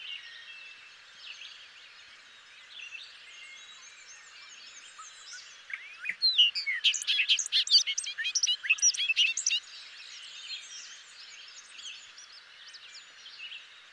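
Bobolink song, a tumbling run of quick, tinkling notes lasting a few seconds, set against a steady wash of birdsong.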